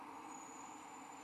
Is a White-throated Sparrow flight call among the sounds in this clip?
no